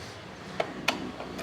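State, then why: Seated. The steering lock on the handlebar/steering column of a Metro E8S Pro electric scooter is pushed in, giving two sharp mechanical clicks at 0.6 s and 0.9 s over a low background hum. The lock seats, and the steering is now locked.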